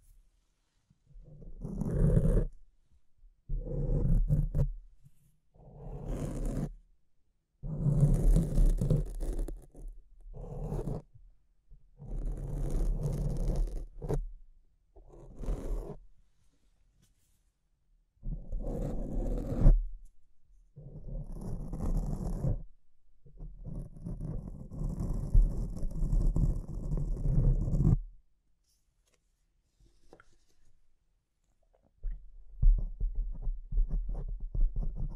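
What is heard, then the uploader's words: Rough scratching and rubbing against a microphone comes in bursts of a second or more, separated by silent gaps, with a long gap near thirty seconds. ASMR Brain Melting Mic Scratching (No Talking).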